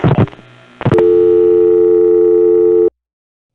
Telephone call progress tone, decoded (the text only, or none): dial tone